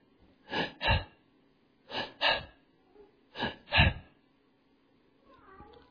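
An adult imitates the labored breathing of his son Raymond, a child with a serious condition treated with digoxin and Lasix, whose breathing was listened for at night from beside his cot: three pairs of harsh, effortful gasping breaths, about 21 a minute.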